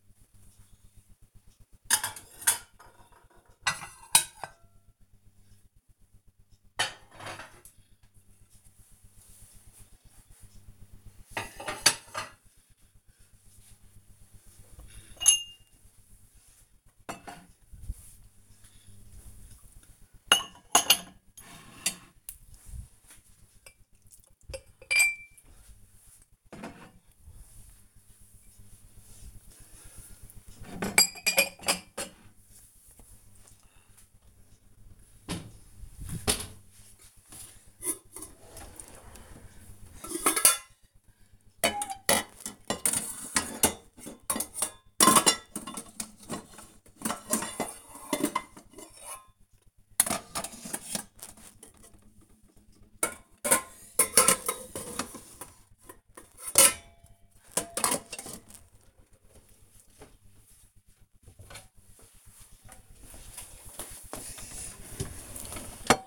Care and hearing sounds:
household activities, microphone on the right wrist
0.00-66.07 s: putting away the dishes

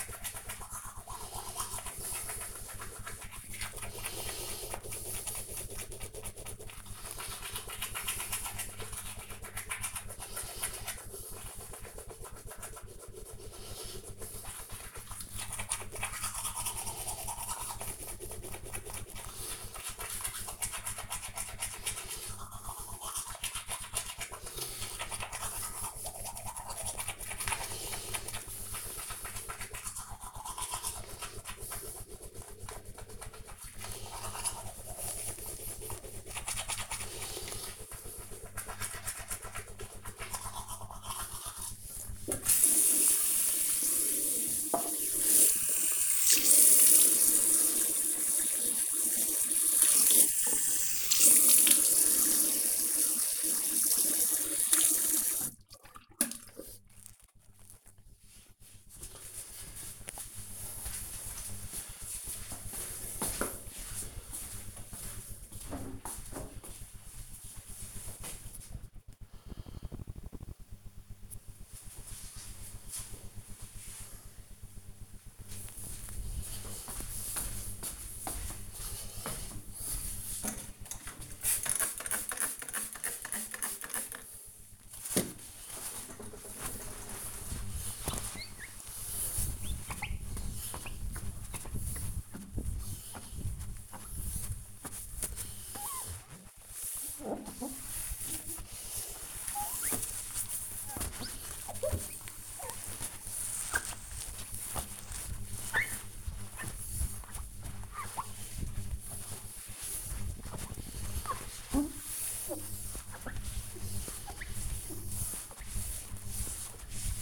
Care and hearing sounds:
household activities, microphone on the right wrist
0.00-56.92 s: brushing teeth
80.02-117.22 s: window cleaning

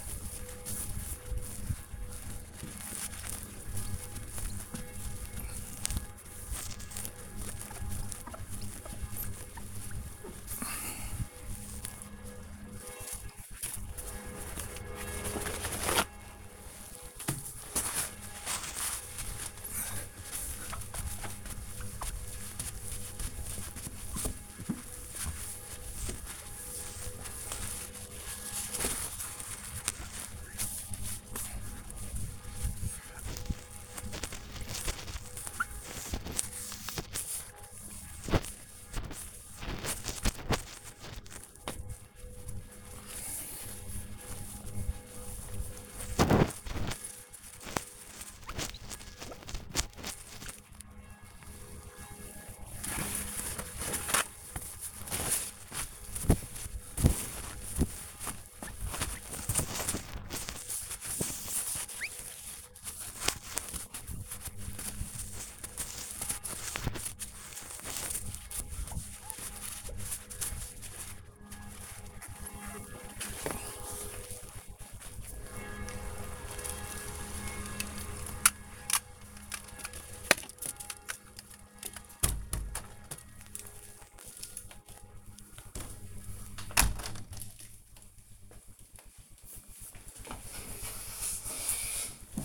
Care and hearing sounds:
household activities, microphone on the right wrist
0.00-75.19 s: window cleaning

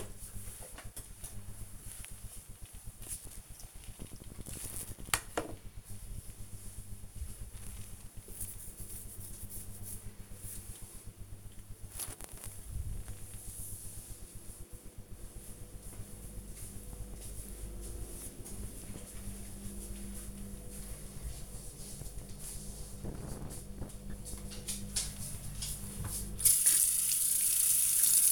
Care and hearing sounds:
household activities, microphone on the right wrist
0.00-4.37 s: floor cleaning
23.49-28.32 s: cleaning table

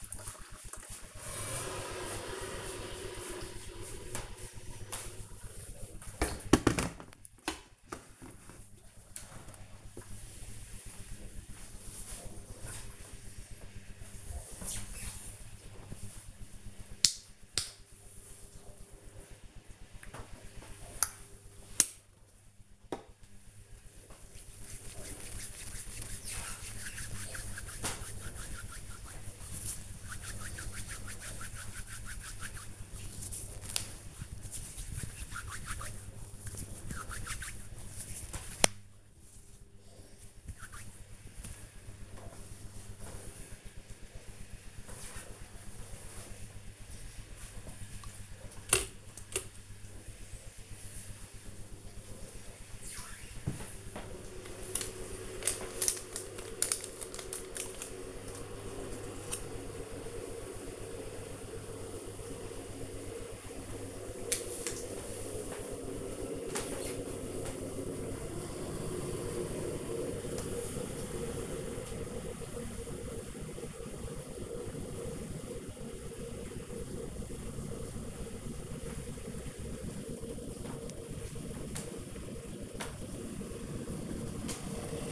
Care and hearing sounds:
household activities, microphone on the right wrist
0.00-6.48 s: making tea
16.60-41.83 s: disinfecting hands
47.87-85.12 s: making tea

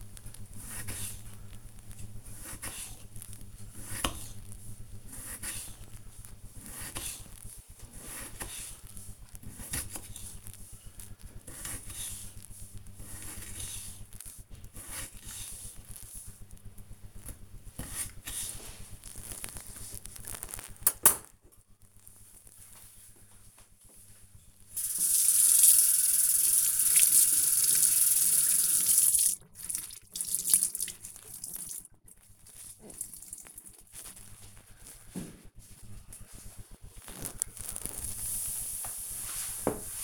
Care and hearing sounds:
household activities, microphone on the right wrist
0.00-18.60 s: cutting vegetables
28.67-40.04 s: cleaning table
28.82 s: note: voice

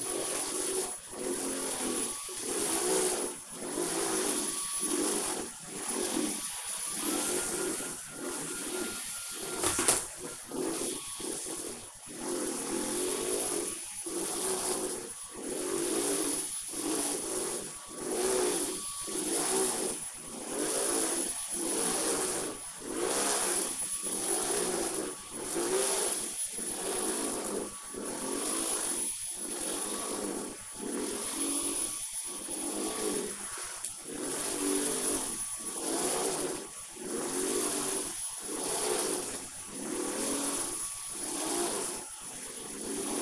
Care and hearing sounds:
household activities, microphone on the right wrist
0.00-43.21 s: vacuum cleaning

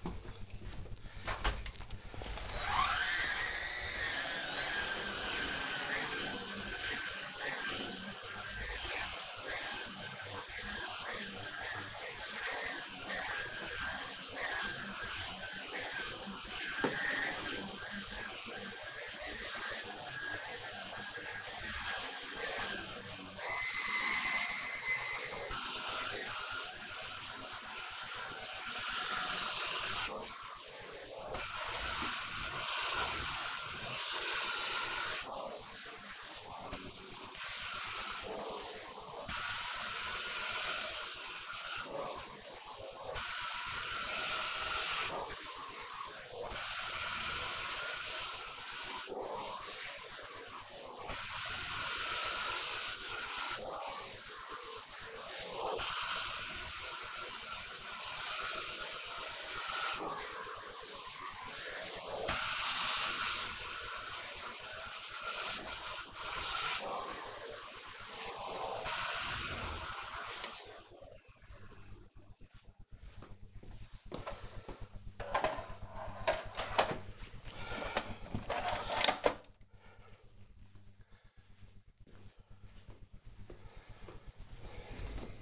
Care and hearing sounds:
household activities, microphone on the right wrist
0.00-69.87 s: vacuum cleaning

